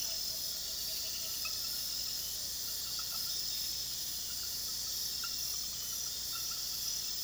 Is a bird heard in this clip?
no